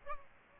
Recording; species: mosquito wingbeat signal from an infrared sensor; Aedes albopictus